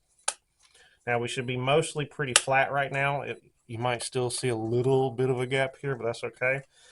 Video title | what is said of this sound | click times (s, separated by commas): How to build a custom modded Xbox 360 Hard drive. Xbox 360 fat HDD case mod tutorial | and then you'll hear it click and set in there | 0.3 s